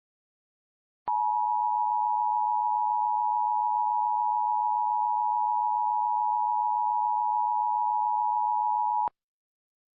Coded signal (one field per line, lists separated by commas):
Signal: Emergency Alert System (SAME) tones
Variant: 853 and 960 Hz attention tone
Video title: EAS Mock: Tornado Warning for Central Minnesota